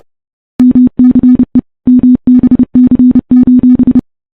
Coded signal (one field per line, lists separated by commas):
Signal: Morse code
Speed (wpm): 30 wpm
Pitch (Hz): 250 Hz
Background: none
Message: MCE MBC: